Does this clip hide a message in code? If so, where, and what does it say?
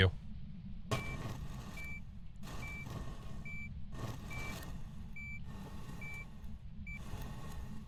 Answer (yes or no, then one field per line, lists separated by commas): no